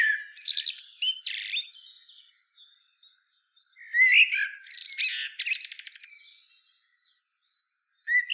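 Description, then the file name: Common blackbird song with two bursts of mellow warbling and high buzzy twitters, each followed by a quiet stretch, and the start of another phrase at the end. "Turdus merula"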